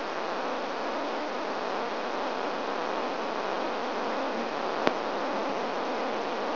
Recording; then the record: brain microelectrode recording played as sound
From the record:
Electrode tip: outside the subthalamic nucleus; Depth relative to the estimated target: 3 mm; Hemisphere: right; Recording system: AlphaMap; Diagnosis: Parkinson's disease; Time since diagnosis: 26 years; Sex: female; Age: 68 years